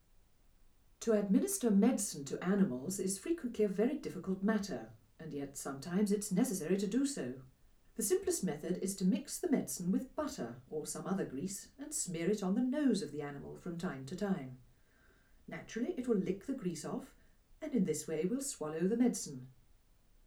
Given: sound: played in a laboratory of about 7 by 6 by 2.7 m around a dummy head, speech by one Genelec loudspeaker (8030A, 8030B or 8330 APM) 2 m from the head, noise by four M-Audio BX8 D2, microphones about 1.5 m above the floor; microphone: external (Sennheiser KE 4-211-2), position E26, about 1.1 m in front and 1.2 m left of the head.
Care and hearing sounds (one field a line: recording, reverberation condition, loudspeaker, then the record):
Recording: female speech in English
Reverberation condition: low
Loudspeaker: 120 degrees to the left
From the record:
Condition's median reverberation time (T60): about 310 ms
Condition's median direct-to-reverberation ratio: about 3.5 dB